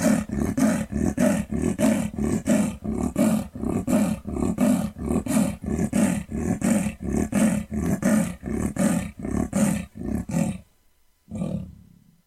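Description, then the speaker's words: Amur leopard territorial pant: a long run of hoarse, sawing rasps at a quick pace, ending with a brief pause and a final fading grunt. Amur leopard, also known as Far East, Manchurian or Korean leopard; territorial pant. "And hear the sound, the territorial pant of the Amur leopard."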